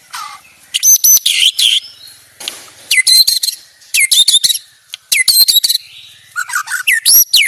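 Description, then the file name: White-rumped shama song: several loud, sharp whistled bursts, each a cluster of high ringing notes and upward slurs, separated by brief quieter gaps. Banjar variety; rapid, dense, shot-like 'tembakan' song style. "Suara tembakan speed rapat Murai batu banjar"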